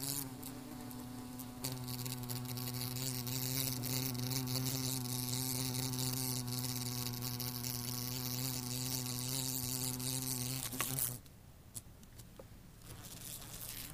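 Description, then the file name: Bumblebee buzzing in a loud, even, low drone for about eleven seconds, then cutting off suddenly, leaving quiet background with a few faint clicks. "zvuki shmelia"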